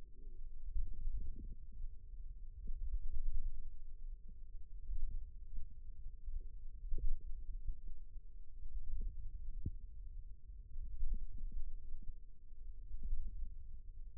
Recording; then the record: forearm muscle sounds (acoustic myography)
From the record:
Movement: wrist extension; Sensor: system 2, bracelet of six BSWA MPA416 microphones around the upper forearm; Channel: 4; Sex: female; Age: 22 years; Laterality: right